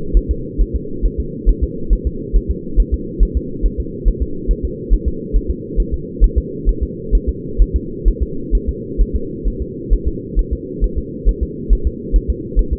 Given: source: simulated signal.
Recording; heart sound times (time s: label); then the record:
fetal heart sounds
0.17 s: S1
0.31 s: S2
0.61 s: S1
0.75 s: S2
1.05 s: S1
1.20 s: S2
1.49 s: S1
1.63 s: S2
1.93 s: S1
2.07 s: S2
2.36 s: S1
2.50 s: S2
2.80 s: S1
2.94 s: S2
3.23 s: S1
3.37 s: S2
3.65 s: S1
3.80 s: S2
4.08 s: S1
4.22 s: S2
4.51 s: S1
4.65 s: S2
4.93 s: S1
5.08 s: S2
5.36 s: S1
5.50 s: S2
5.80 s: S1
5.94 s: S2
6.24 s: S1
6.38 s: S2
6.69 s: S1
6.83 s: S2
7.15 s: S1
7.29 s: S2
7.62 s: S1
7.76 s: S2
8.08 s: S1
8.23 s: S2
8.55 s: S1
8.69 s: S2
9.01 s: S1
9.15 s: S2
9.48 s: S1
9.62 s: S2
9.93 s: S1
10.07 s: S2
10.39 s: S1
10.53 s: S2
10.84 s: S1
10.98 s: S2
11.29 s: S1
11.43 s: S2
11.73 s: S1
11.87 s: S2
12.16 s: S1
12.30 s: S2
12.59 s: S1
12.73 s: S2
From the record:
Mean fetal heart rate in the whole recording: 135 bpm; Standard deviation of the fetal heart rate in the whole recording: 3 bpm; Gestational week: 36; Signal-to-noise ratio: -4.3 dB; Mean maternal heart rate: 72 bpm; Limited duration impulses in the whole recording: present